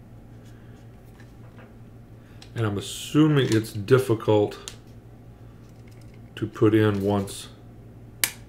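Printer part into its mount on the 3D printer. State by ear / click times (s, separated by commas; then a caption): seated / 8.2 s. During a Prusa i3 MK3 printer kit build, a printed part is pushed into its mount on the 3D printer while someone talks. A single sharp snap at 8.2 s shows the part seating in place.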